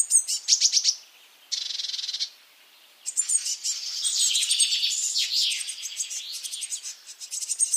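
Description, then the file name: Eurasian blue tit calls: quick high thin notes, then a steady buzzy churring burst, followed by dense overlapping high chattering and twittering. "Cyanistes caeruleus"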